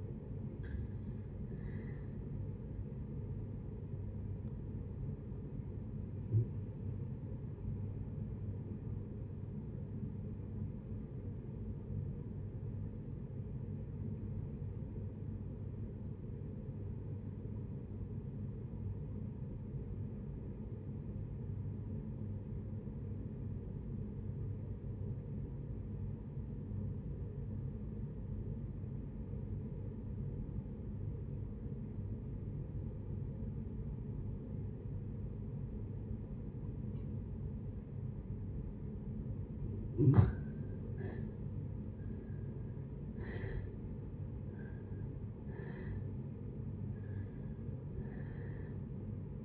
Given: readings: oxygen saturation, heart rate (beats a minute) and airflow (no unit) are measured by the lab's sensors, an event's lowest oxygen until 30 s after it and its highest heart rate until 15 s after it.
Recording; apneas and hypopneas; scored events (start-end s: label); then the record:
breathing in sleep by a smartphone at the bedside; 1
12.00-40.30 s: obstructive apnea (REM, oxygen 95% highest, then 60% lowest, heart rate 63 at the start, 83 highest)
From the record:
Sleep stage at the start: REM sleep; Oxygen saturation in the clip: 63 to 95%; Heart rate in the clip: 54 to 83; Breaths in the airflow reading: 6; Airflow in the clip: -7.6 to 8.0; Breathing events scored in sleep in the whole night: 496 in 5.4 hours asleep